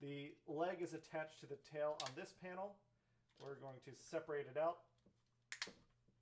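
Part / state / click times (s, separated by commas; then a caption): plastic leg panel separating from tail section of a transforming figure / released / 5.5 s, 5.6 s. Someone talks while handling a transforming robot toy, then pulls its plastic leg panel apart from the tail section. The plastic joint unclips with sharp clicks at 5.5 s and 5.6 s, and the panel is released.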